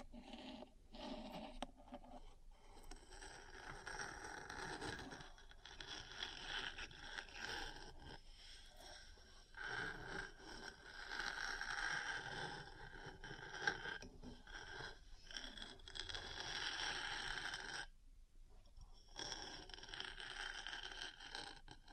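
Metal parts scratch and scrape against each other almost without pause, a rough, grinding texture that swells and eases in uneven strokes. Brief gaps break it up near 2, 5, 8, 10 and 18 seconds, with an occasional sharp tap standing out.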